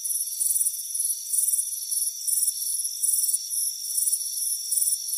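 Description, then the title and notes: Brisk cricket chirping with shrill pulsed bursts nearly every half second over an unbroken high drone. "Soothing Crickets Chirping Sound. It's a warm afternoon as you relax in a hammock on the front porch. Relax and fall asleep to the soothing sound of chirping crickets. Deep Sleep Sounds"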